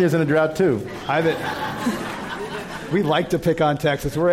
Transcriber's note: laughter